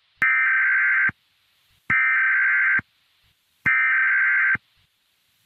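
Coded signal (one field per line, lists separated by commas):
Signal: Emergency Alert System (SAME) tones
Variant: header bursts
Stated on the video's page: Fictional scenario: simulated severe-weather alerts for the Midwest, not real.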